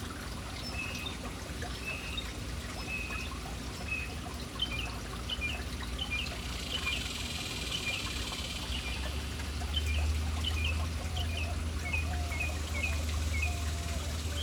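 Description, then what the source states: Birds chirping, many short high chirps repeated quickly over steady trickling water, with a low rumble toward the end. City birds at an urban fountain.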